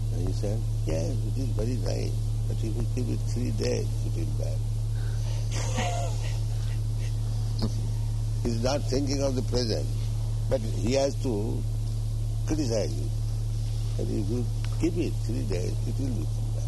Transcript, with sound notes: He said, "Yes, it is very nice, but if we keep it three days it will be bad." [laughter] He's not thinking of the present, but he has to criticize it, that if you keep it three days it will become